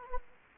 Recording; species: mosquito wingbeat signal from an infrared sensor; Anopheles gambiae